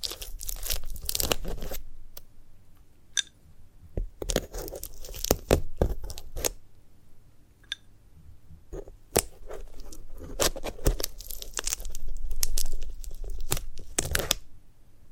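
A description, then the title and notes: Dry crunching, tearing and crinkling of a sunflower head, in irregular bursts of sharp crackles with quieter gaps, busiest near the start and end. ASMR of a Sunflower Head (No Talking).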